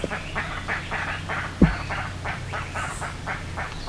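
Bird calls, a fast series of short coarse notes, with one sharp thump partway through and low background hum.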